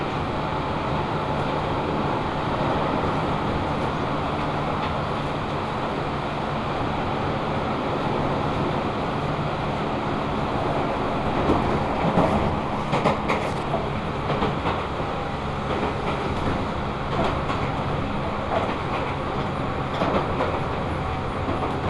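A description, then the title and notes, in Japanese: A four-car local train runs along a single-track line, heard from inside as a steady low rumble and hum. The loudness holds even throughout, with faint clicks of wheels over rail joints and a brief cluster of rattles around the middle. 秩父鉄道から東武東上線に乗り換えます。東武東上線 寄居→小川町。普通列車の4両編成のみで、単線区間になります。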